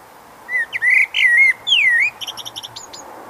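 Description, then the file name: Common blackbird giving a loud series of rising and falling whistled notes, followed by a quick run of thin, high clicking chips. "Turdus merula"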